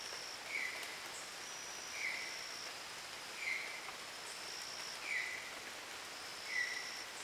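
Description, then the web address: Bird chirps: soft short notes roughly every one and a half seconds against hissy background noise and an intermittent high buzz. "gallery oiseaux. Mes treks"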